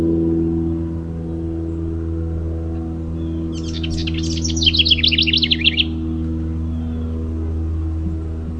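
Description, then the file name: House wren delivering a single quick, gurgling trilled song of about two seconds in the middle, set against steady low-pitched hum. "HOWR song"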